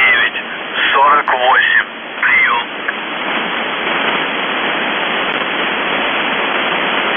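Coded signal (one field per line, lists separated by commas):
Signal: numbers station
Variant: UVB-76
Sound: a brief spoken voice phrase over shortwave radio, then continuous static hiss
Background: radio static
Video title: The Buzzer/UVB-76(4625Khz) November 25+26, 2021 Voice messages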